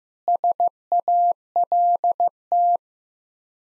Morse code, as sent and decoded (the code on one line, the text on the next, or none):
... .- .-.. -
SALT